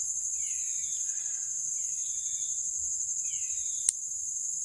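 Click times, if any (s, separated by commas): 3.9 s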